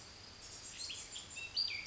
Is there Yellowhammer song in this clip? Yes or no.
no